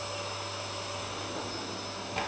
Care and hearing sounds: daily activity, microphone in the room; vacuum cleaning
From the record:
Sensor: 2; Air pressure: 999.1 hPa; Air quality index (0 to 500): 202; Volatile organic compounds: 31 ppm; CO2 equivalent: 2983 ppm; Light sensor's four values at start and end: 6/14/5/6 and 6/14/5/6

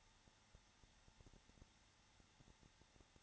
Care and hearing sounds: daily activity, microphone in the room; no activity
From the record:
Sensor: 3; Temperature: 21.3 degrees Celsius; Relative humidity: 33.3%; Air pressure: 994.5 hPa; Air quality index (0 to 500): 168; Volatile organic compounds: 3 ppm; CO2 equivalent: 1459 ppm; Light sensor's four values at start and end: 2/3/2/2 and 2/3/2/2

